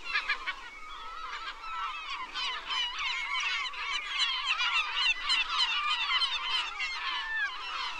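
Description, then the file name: Herring gulls calling in a dense, continuous chorus of overlapping harsh, nasal cries, with many birds crying at once throughout. "Digiffects Sound Effects Library - Herring Gull Bird Version 1"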